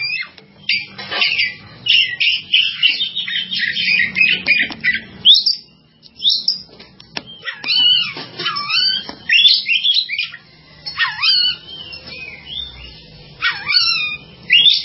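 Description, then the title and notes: Bird song: a busy run of quick, twittering and sweeping notes in fast bursts with brief pauses, over a low steady hum. "Kicau Burung Lengkap"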